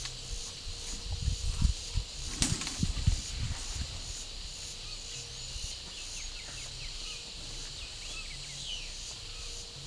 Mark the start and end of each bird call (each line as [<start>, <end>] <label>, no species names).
[6.00, 9.11] bird call